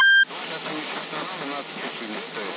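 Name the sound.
CB radio transmission beep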